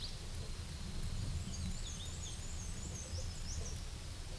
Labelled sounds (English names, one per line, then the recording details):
Black-and-white Warbler song
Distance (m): 40 m
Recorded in a Pennsylvania forest on 18 May 2023 at 13:50
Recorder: AudioMoth, point grid1_4_low
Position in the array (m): 92 m, 46 m